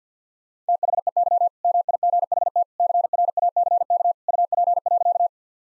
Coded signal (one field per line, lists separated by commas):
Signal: Morse code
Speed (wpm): 50 wpm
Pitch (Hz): 700 Hz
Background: none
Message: THEY MIGHT CRACK UP.